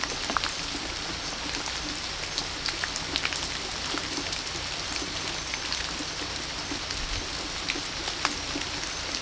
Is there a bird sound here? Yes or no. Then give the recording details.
no. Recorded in pastures near Puerto Asís, Putumayo, Colombia, on 18 December 2024 at 23:30. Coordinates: 0.497, -76.327. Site G088